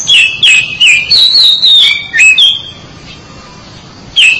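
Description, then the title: Oriental magpie-robin song: loud whistled notes dropping in pitch, repeated quickly, then a run of sliding whistles, a pause, and one final note. "Suara Kicauan Burung Kacer Durasi Panjang"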